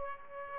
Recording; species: mosquito wingbeat signal from an infrared sensor; Aedes aegypti